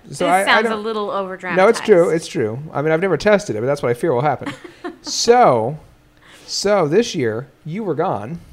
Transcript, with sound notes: It sounds a little over dramatized.
No, it’s true. It’s true I mean, I’ve never tested it, but that’s what I feel will happen. [Laughs] So, so, this year, you were gone.